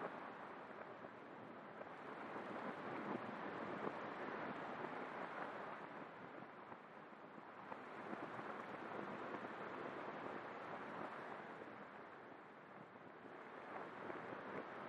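Steady, dense rain hisses throughout, swelling gently around four and ten seconds and easing briefly near seven and thirteen seconds.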